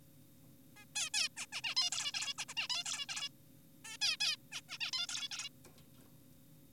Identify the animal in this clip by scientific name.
Taeniopygia guttata